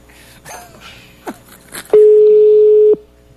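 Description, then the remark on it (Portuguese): A phone line rings out with a single steady, low electronic ringback tone lasting about a second, preceded by faint murmurs and small scuffing noises, with no one picking up. “Esse merda não atende telefone, é só mensagem.”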